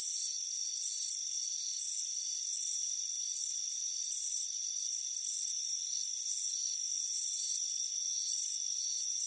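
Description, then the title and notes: Cricket chirps come as shrill rasping bursts in a steady series, layered over continuous thin high tones. Crickets chirping on a warm afternoon by a front porch. "Soothing Crickets Chirping Sound. It's a warm afternoon as you relax in a hammock on the front porch. Relax and fall asleep to the soothing sound of chirping crickets. Deep Sleep Sounds"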